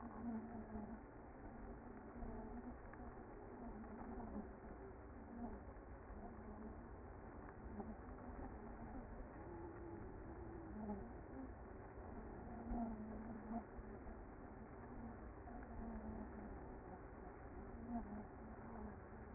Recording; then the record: honeybee colony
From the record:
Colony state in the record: active